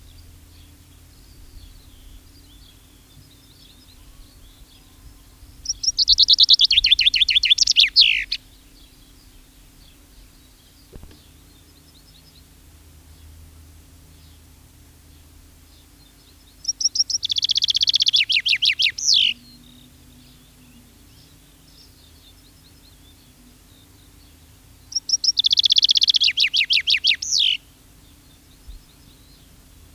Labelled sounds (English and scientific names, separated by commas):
Common Chaffinch (Fringilla coelebs) song